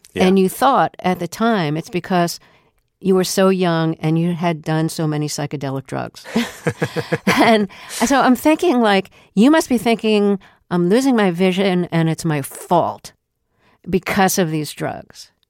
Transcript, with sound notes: And you thought at the time it's because you were so young and you had done so many psychedelic drugs.
(Laughter).
And so I'm thinking, like, you must be thinking, I'm losing my vision, and it's my fault because of these drugs.